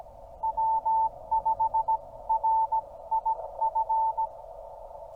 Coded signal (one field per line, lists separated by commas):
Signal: Morse code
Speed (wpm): 17 wpm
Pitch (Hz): 890 Hz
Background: none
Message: W5RIF